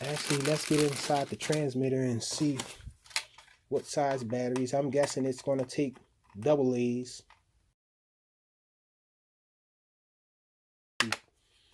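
Someone talks while handling the plastic battery cover of a Syma X100 RC drone transmitter at its battery compartment, a cover meant to snap into place so the retaining screw isn't needed. After several seconds of quiet, brief sharp handling sounds come at about 11.0 s, but nothing has seated or clicked yet.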